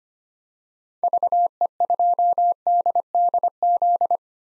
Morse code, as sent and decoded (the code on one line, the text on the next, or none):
...- . ..--- -.. -.. --..
VE2DDZ